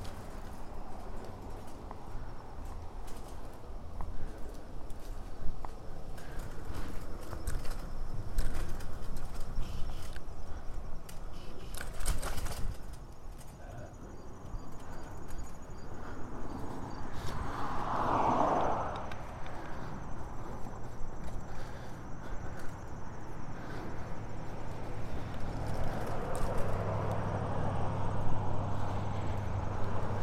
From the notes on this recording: A stereo recording of a bike ride from Orchard Beach